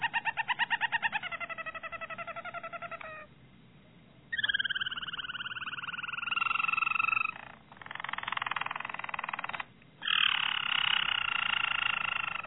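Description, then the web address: Harz Roller canary song: a pulsed rolling phrase, a pause, then long smooth rolls gliding slightly downward, broken by two brief gaps. "~joaopt canarios racas canto harzers"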